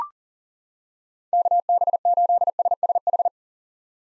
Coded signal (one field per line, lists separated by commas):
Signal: Morse code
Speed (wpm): 40 wpm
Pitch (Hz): 700 Hz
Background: none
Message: KB8SSH